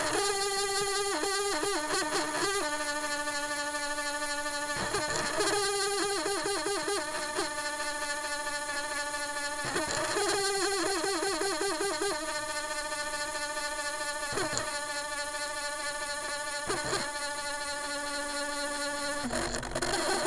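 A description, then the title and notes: An old CD player's motor whines and buzzes steadily as it tries to spin up, its pitch wavering and stepping up and down. Sharp clicks and brief stutters break in every few seconds, and the mechanism never settles. (old cd player trying to spin up). While going through a box of old technologies to be recycled, I came upon a 1980s era discman portable CD player that still sort of worked. I listened to it, trying to spin up to speed to do its job, but it wasn't able to, it didn't have enough power, energy, or ability left in it.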